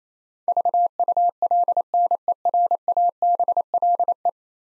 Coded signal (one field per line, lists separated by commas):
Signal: Morse code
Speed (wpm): 28 wpm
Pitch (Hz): 700 Hz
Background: none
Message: VULNERABLE